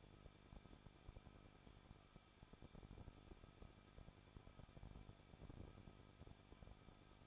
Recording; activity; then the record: daily activity, microphone in the room; no activity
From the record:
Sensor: 5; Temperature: 20.9 degrees Celsius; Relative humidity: 38.2%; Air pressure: 1006.5 hPa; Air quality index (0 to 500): 186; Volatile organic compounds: 18 ppm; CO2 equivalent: 2602 ppm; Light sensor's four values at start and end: 2/3/1/1 and 2/3/1/1